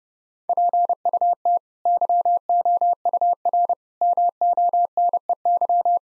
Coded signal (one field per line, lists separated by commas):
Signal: Morse code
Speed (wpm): 32 wpm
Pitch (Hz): 700 Hz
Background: none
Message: PUT YOUR MONEY